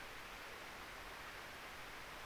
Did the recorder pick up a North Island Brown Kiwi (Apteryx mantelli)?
no